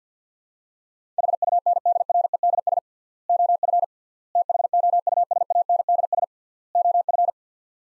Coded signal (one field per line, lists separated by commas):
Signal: Morse code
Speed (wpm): 50 wpm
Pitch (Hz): 700 Hz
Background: none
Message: HUNDREDS OF THOUSANDS OF